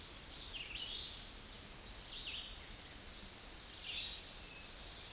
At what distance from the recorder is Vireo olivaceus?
about 30 m